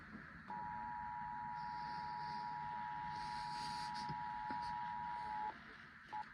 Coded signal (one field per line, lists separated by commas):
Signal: Emergency Alert System (SAME) tones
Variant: 853 and 960 Hz attention tone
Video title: EAS 5722-5725 KDKA EAS TEST FROM 05/19/24